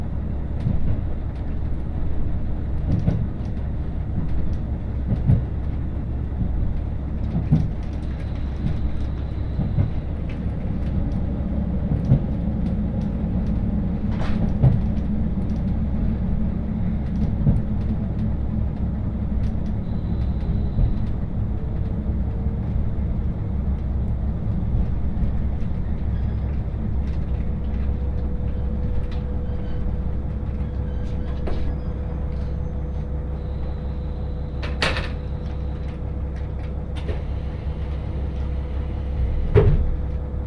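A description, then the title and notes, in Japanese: A ride aboard a train on the Hakodate Main Line's Sawara branch, running from Mori toward Shikabe. A steady, heavy low rumble fills the whole clip, with scattered clicks and rattles, and a thin whine rises for a while near the end. 鉄道旅 函館本線砂原支線 森→鹿部。キハ40系の単行で。というわけでロングシートに座っていきます。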